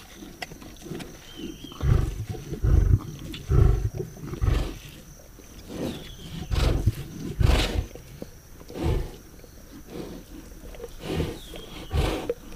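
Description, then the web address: Lion delivering a sequence of deep, throaty grunts, about one per second. "big cats|lions"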